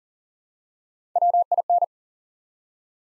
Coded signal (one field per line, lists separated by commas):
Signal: Morse code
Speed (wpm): 41 wpm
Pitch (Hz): 700 Hz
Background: none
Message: WIN